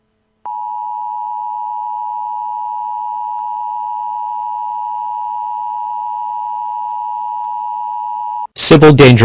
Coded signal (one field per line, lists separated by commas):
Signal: Emergency Alert System (SAME) tones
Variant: 853 and 960 Hz attention tone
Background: speech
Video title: EAS Scenario #2 Kidztube Hack